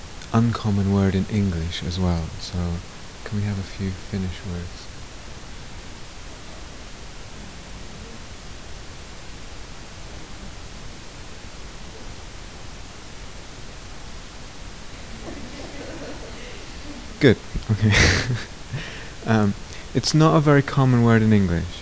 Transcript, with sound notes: uncommon word in English as well, so can we have a few Finnish words? [background voices, laughing] Good! Okay. It's not a very common word in English.